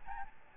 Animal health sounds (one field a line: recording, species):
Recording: mosquito wingbeat signal from an infrared sensor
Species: Aedes albopictus